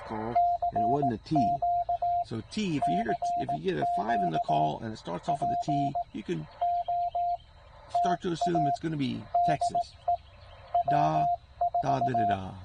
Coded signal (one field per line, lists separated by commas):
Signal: Morse code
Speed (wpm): 19 wpm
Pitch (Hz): 700 Hz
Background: speech, radio noise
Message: CQ CQ POTA DE W4